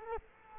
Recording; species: mosquito wingbeat signal from an infrared sensor; Culex quinquefasciatus